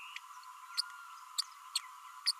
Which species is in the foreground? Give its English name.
Green-rumped Parrotlet